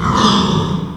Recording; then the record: squeal of a Yucatan mini pig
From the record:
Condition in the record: after surgery on the right vocal fold (resection and tissue-engineered implant); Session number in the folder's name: 16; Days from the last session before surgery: 183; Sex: female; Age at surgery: 19 weeks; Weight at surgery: 25 kg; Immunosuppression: prednisolone